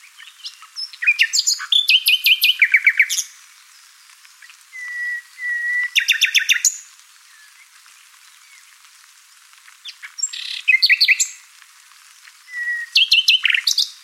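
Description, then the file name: Common nightingale song: bursts of rapid repeated chirps and trills alternating with pauses holding soft, level whistled notes, several phrases in sequence. "Luscinia megarhynchos"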